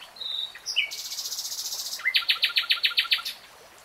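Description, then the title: Nightingale song with a whistled opening note, then a fast buzzy rattle followed by several loud, evenly spaced notes. "[Tiếng chim hót] 3 Hours REALTIME Nightingale Singing"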